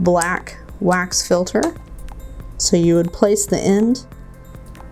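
Someone talks while handling a small black plastic wax filter, placing its end into the receiver opening of a Sonic Captivate hearing aid. Faint handling ticks follow near the end of the clip. The filter has not yet snapped in or seated.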